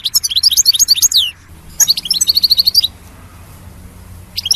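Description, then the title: European goldfinch twittering song, two quick phrases of sharp, liquid notes, then a brief restart, faint low hum behind. "Chant Chardonneret"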